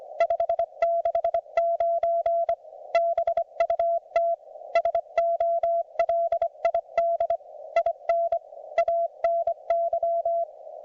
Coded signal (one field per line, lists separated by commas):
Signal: Morse code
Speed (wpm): 25 wpm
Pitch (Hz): 690 Hz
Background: music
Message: 569 BUT SOLID IN ANY